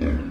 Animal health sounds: pig call; growing-finishing pig (85 days or more)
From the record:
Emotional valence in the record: negative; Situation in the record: barren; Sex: female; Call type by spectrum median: low-frequency call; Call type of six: low-frequency stable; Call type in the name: low-frequency stable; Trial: 3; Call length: 0.32 s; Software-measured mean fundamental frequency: 64 Hz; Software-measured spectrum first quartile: 76 Hz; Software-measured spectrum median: 199 Hz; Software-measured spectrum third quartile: 365 Hz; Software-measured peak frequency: 259 Hz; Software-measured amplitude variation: 110 dB a second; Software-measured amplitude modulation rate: 22.2 a second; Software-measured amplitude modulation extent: 4.9 dB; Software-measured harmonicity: -3.1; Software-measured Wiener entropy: -0.73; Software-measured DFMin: 663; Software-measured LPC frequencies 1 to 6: 324, 1618, 2320, 3386, 4791, 5998 Hz

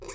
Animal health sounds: pig call; weaner (32 to 43 days)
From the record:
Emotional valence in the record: negative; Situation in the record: novel object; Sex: female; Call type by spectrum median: low-frequency call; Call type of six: high-frequency modulated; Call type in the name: high-frequency modulated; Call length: 0.14 s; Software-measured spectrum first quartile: 447 Hz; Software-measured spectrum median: 1968 Hz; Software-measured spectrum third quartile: 5983 Hz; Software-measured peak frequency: 376 Hz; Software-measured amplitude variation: 114 dB a second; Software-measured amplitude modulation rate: 17.3 a second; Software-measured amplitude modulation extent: 6.6 dB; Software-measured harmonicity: 2.9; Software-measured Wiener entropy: -2.90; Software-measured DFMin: 618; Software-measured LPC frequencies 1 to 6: 450, 1102, 2137, 2447, 3767, 4728 Hz

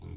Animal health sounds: pig call; weaner (32 to 43 days)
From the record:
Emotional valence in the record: negative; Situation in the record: negative conditioning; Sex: female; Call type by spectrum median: low-frequency call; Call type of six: low-frequency stable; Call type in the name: low-frequency stable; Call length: 0.17 s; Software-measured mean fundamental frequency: 42 Hz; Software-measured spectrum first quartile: 89 Hz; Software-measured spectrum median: 150 Hz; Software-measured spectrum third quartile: 405 Hz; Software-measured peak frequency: 91 Hz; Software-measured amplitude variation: 215 dB a second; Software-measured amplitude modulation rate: 30.0 a second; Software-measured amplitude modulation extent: 7.2 dB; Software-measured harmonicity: 9.3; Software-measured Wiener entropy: 0.09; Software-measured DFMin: 1196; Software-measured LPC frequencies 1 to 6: 2249, 3185, 3729, 4370, 5764, 6548 Hz

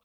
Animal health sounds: pig call; piglet (1 to 25 days)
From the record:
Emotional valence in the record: positive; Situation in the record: reunion after long isolation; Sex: female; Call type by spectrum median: high-frequency call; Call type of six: low-frequency tonal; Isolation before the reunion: 8 minutes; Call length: 0.04 s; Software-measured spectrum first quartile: 1000 Hz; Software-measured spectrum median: 3025 Hz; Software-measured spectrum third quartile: 9297 Hz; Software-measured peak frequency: 1136 Hz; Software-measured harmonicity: 4.2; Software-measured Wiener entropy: -2.26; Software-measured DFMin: 847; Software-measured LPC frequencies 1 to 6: 667, 1225, 2638, 3594, 5285, 6252 Hz

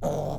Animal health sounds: pig call; piglet (1 to 25 days)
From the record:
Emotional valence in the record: negative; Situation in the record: long isolation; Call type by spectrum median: low-frequency call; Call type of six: low-frequency modulated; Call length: 0.40 s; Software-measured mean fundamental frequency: 66 Hz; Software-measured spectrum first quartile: 164 Hz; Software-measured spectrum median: 456 Hz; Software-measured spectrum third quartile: 669 Hz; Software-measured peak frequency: 577 Hz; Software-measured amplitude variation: 129 dB a second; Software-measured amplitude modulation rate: 29.1 a second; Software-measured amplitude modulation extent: 4.4 dB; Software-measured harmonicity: 1.0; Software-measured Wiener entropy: -0.64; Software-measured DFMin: 1056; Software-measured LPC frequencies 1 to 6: 610, 3425, 6289, 6826, 7678, 8799 Hz

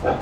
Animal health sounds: pig call; growing-finishing pig (85 days or more)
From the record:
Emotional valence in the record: positive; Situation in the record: run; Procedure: transit

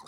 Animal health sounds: pig call; piglet (1 to 25 days)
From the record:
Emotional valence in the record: negative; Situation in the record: long isolation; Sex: male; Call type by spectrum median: low-frequency call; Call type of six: mixed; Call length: 0.09 s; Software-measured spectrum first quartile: 917 Hz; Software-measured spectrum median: 2047 Hz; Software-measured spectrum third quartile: 5972 Hz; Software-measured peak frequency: 1004 Hz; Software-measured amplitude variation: 65 dB a second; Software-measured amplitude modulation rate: 17.6 a second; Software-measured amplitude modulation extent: 3.7 dB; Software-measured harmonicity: 2.4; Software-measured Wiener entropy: -3.12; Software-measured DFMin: 872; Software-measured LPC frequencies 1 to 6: 972, 3752, 5030, 6218, 7298, 7866 Hz

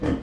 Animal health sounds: pig call; growing-finishing pig (85 days or more)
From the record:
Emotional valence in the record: negative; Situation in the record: barren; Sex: female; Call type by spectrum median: low-frequency call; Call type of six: low-frequency stable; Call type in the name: low-frequency stable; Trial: 3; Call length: 0.23 s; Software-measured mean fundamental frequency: 64 Hz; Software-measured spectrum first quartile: 195 Hz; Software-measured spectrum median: 312 Hz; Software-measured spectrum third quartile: 579 Hz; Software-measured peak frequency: 284 Hz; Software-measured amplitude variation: 136 dB a second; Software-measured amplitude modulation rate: 15.2 a second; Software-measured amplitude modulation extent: 9.0 dB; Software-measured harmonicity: 0.2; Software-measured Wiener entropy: -0.54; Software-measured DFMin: 951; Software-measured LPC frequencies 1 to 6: 368, 1793, 3148, 4217, 4742, 5562 Hz

